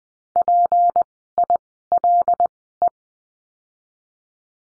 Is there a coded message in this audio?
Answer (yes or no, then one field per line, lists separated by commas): yes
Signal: Morse code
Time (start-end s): 0.4-2.9 s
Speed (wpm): 19 wpm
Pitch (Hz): 700 Hz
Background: none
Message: PILE